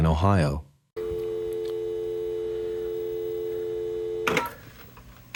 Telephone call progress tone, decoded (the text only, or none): dial tone